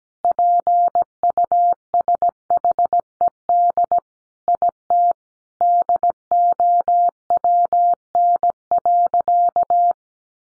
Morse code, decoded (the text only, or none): PUSHED IT DOWN.